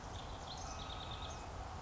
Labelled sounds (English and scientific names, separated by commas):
House Wren (Troglodytes aedon)